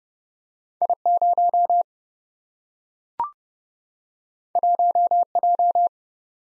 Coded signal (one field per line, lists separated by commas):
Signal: Morse code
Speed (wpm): 30 wpm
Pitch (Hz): 700 Hz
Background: none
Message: I0 1J